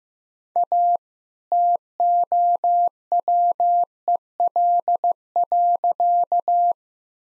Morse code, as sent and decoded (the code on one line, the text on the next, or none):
.- / - --- .-- . .-.. .-.-.-
A TOWEL.